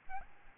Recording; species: mosquito wingbeat signal from an infrared sensor; Aedes albopictus